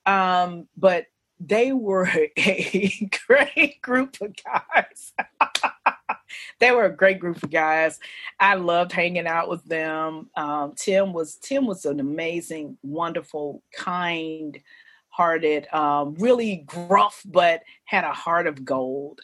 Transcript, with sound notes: But they were a great group of guys [laughs] They were a great group of guys. I loved hanging out with them. Tim was an amazing, wonderful, kind-hearted, really gruff but had a heart of gold.